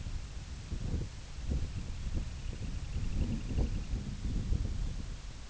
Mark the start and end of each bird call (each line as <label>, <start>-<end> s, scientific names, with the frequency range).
Calidris pusilla (2.0-3.3 kHz), 0.15-4.11 s